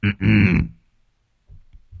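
An old man, sitting on a plank bed and puffing thick smoke from pipe tobacco, clears his throat with a short rasp, then one loud, gruff, voiced rumble lasting about half a second, followed by a few faint, low murmurs.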